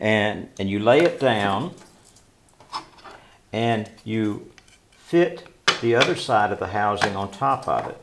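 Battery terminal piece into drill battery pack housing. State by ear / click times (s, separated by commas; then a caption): not seated / none. Someone talks while laying the separated terminal piece of a cordless drill battery pack into the indentation in one plastic housing half, before fitting the other half on top. Only a faint rub is heard around 2.6 s, and nothing has seated or clicked yet.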